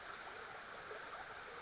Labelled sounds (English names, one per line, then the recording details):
Western Flycatcher
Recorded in Sonoma County, California